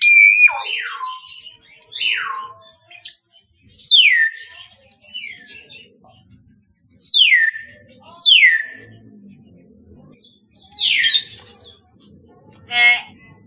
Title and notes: Kicau Burung Beo